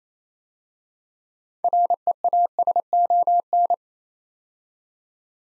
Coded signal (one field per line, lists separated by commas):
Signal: Morse code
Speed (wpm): 28 wpm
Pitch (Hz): 700 Hz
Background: none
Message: REASON